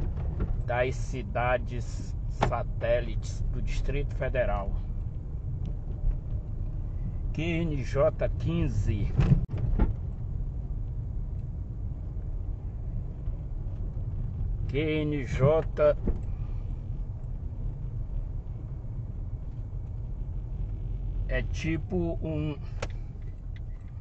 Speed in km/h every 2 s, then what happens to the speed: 21, 22, 22, 21, 21, 21, 19, 17, 20, 18, 14, 9.
0-17 steady at about 21. 17-21 slows to 9.